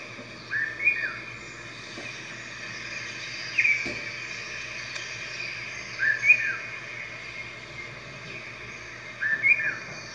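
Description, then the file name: Red-whiskered bulbul giving short, bright chirping notes, a brief burst every few seconds, over a steady background hum. "Red-whiskered Bulbul Voice"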